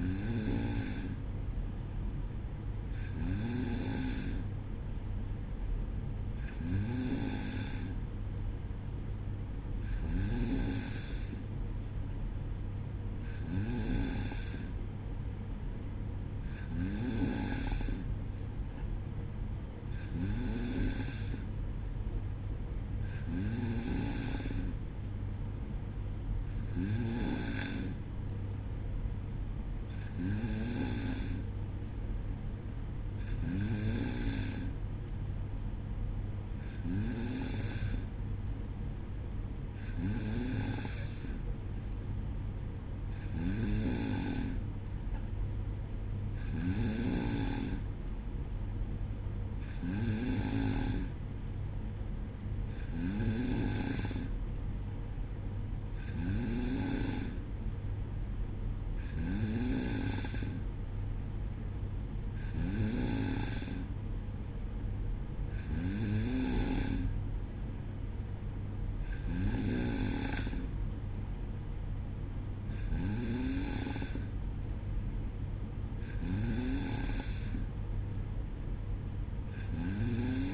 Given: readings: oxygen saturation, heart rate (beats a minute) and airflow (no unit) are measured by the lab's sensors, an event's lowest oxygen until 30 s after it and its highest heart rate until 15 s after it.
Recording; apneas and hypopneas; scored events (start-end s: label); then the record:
breathing in sleep by a smartphone at the bedside; none
none scored
From the record:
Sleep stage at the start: N2 (light sleep); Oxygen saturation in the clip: 93 to 94%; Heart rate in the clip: 58 to 62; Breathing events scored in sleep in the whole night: 305 in 9.6 hours asleep